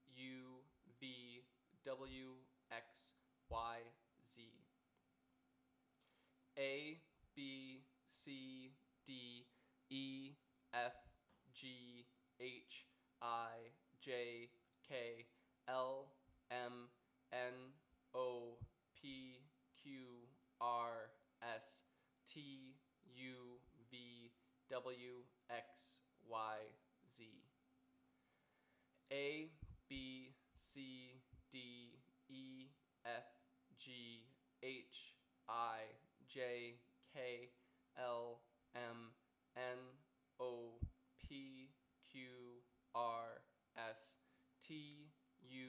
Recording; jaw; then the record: letters of the alphabet, spoken; free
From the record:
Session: first day, before the bite bar